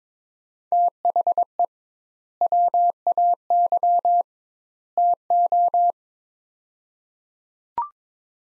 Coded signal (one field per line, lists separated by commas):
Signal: Morse code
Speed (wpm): 22 wpm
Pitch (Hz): 700 Hz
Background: none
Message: THE WAY TO